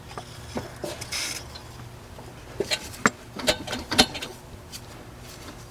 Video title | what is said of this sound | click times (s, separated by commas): Travis's 2019 STI 700whp Build: Nothing But Issues Today..... | clutch fork feels good it's not getting any crazy movement but we aren't clicking in the place so | none